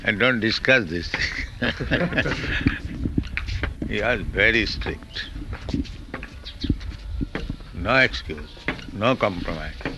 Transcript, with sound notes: And don't discuss this thing. [laughs] He was very strict. No excuse, no compromise.